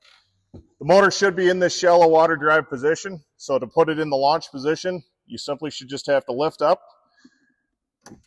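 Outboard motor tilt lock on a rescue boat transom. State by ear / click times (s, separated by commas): seated / 8.1 s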